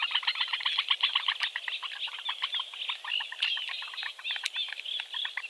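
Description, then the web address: Eurasian bittern chicks making a continuous, rapid chirping chatter of short notes, about four per second, with occasional sharper squeaks. "suono del cinguettio dei pulcini del tarabuso maggiore"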